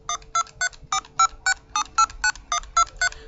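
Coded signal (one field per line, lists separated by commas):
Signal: DTMF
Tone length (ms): 70 ms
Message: 123456789123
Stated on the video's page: Tones from a homemade four-in-one phreak box.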